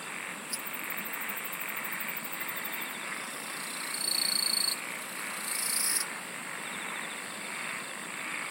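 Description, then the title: Insect chorus with a steady high whine; two louder sustained buzzes break in around the middle, each stopping abruptly. "SINGING OF INSECTS"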